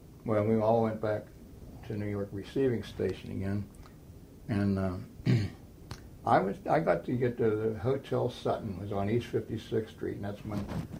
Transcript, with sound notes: Well we all went back to New York receiving station again and um (clears throat) I was -- I got to get to the Hotel Sutton -- was on East 56th Street and that's when